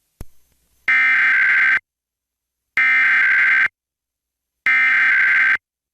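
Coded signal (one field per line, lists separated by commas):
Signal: Emergency Alert System (SAME) tones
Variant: header bursts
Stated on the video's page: New Jersey monthly required test relayed over broadcast stations; half the stations failed to relay and those that did relayed it with errors.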